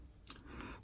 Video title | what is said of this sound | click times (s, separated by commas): Seiko 7025 Assembly Part 2 Calendar Works, Dial & Hands | that's free state again what am I talking about one click and there we go I think | 0.3 s, 0.4 s